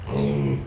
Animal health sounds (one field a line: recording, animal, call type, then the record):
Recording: contact call of a hoofed animal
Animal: pig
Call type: closed-mouth grunt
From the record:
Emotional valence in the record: negative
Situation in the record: short social isolation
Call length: 0.67 s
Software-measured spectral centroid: 1580 Hz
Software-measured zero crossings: 810 a second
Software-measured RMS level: -24 dBFS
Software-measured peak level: -12 dBFS